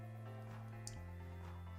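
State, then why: Seated. A plastic shoulder socket piece is pressed into the back of a plastic model kit torso and pops into place. It seats with a short, sharp click at 0.9 s over steady background music with low tones.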